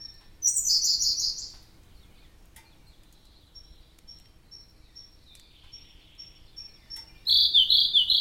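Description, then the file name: Siberian blue robin: a loud, fast trilled phrase, then a long run of faint high tick notes, and a second loud rapid trill to finish. "robin-siberian-blue -Larvivora-cyane"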